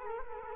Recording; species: mosquito wingbeat signal from an infrared sensor; Culex quinquefasciatus